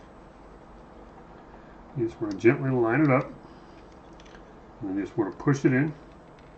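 A 500 GB laptop hard drive is lined up and pushed into its mount in an Xbox One console while someone talks, with two faint ticks around 4.2 and 4.4 seconds. The drive has not seated or clicked into place yet.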